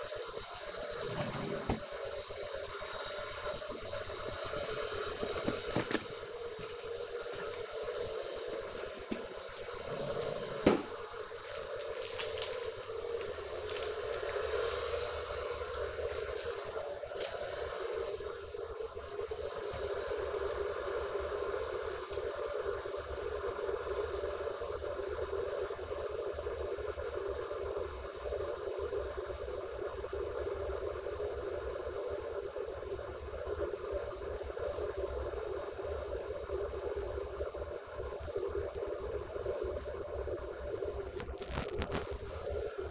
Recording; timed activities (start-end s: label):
household activities, microphone on the right wrist
0.00-42.91 s: making tea